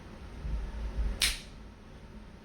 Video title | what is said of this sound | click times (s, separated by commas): BMW F-SERIES 3, 5, 7 AND X3 KEY FOB BATTERY REPLACEMENT!!! STEP BY STEP INSTRUCTIONS... | that snap you know it's in place now it's flush | 1.2 s